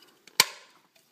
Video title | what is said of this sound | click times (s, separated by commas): Review #48: Kuuga's Bike: DX TryChaser 2000 and Gouram | click nice solid click and it's got a sticker that has not been applied | 0.4 s